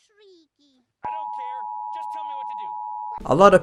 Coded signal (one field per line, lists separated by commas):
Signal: Emergency Alert System (SAME) tones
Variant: 853 and 960 Hz attention tone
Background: speech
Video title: remember the EAS alarm trend?